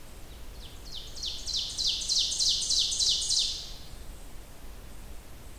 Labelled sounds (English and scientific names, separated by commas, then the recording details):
Ovenbird (Seiurus aurocapilla) song
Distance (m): 30 m
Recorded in boreal forest in Alberta, Canada, on 30 June 2016 at 07:15
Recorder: SongMeter 3, array SBT-6-79
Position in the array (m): 215 m, 19 m
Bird 39